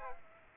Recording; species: mosquito wingbeat signal from an infrared sensor; Aedes aegypti